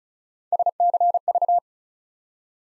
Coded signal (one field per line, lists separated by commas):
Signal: Morse code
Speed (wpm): 36 wpm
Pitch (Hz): 700 Hz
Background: none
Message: SCV